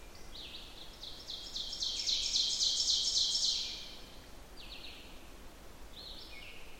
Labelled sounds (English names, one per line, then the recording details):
Ovenbird song
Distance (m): 30 m
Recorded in boreal forest in Alberta, Canada, on 14 June 2016 at 06:35
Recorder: SongMeter 3, array SBT-3-33
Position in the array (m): 128 m, 37 m
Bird 21